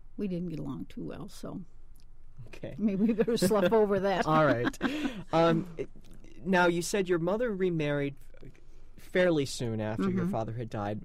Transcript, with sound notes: we didn't get along too well so-- maybe we better slump over that [Laughs]
All right. Now you said your mother remarried fairly soon after your father had died.